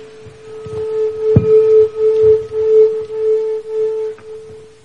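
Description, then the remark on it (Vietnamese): A bell rings with one steady, sustained mid-pitched tone for about three and a half seconds, its loudness gently pulsing, with a sharp knock early on and no talking. It is rung to signal the start of a five-minute drawing activity. “Các bạn ngồi xuống để vẽ cho dễ, khi nghe tiếng chuông các bạn bắt đầu vẽ ha.”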